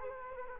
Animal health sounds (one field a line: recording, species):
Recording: mosquito wingbeat signal from an infrared sensor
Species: Culex quinquefasciatus